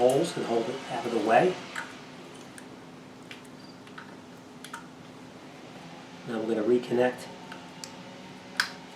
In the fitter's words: our solenoid and we listen for that click in noise The Click is actually the lock tab popping back down